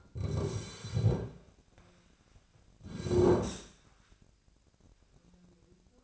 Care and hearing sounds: daily activity, microphone in the room; sit down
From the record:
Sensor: 2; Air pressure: 1009.1 hPa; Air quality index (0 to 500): 170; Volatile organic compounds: 2 ppm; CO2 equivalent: 1238 ppm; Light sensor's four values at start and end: 36/97/40/44 and 34/90/38/41

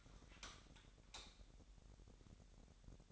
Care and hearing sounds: daily activity, microphone in the room; light off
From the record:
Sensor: 3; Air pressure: 1011.9 hPa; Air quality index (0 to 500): 233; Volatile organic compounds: 5 ppm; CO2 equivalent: 1729 ppm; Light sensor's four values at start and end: 17/43/18/18 and 15/35/15/15

